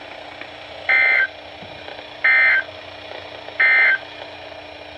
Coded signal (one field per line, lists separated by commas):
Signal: Emergency Alert System (SAME) tones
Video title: EAS #101-#102: RMT and A TON OF STATIC | KHB36 & WTOP